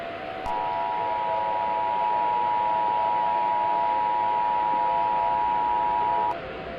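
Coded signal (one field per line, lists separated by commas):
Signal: Emergency Alert System (SAME) tones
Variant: 853 and 960 Hz attention tone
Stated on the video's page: Fan-made mock national alert containing some valid EAS tones.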